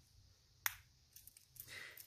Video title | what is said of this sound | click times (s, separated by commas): Making a Wrist Strap | and get this click when you set the cap on | 0.7 s